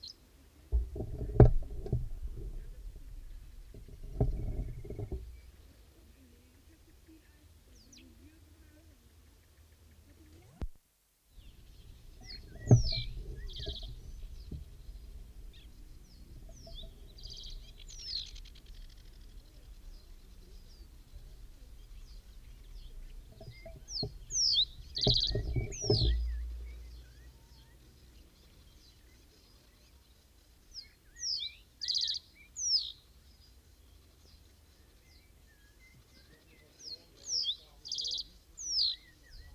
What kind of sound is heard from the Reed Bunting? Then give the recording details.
song. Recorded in the wild. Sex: male. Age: adult. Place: Damme, OT Dümmerlohausen, Niedersachsen, DE. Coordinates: 52.5333, 8.28333. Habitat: lake. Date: 1970-05-18. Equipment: Uher 4000 Report-S, Bändchenmikro Beyer M 260, Parabolspiegel Polyester (470 mm). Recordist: Conrads, Klaus